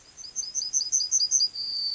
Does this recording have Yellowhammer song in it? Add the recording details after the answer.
yes. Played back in grassland. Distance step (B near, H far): C. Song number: 110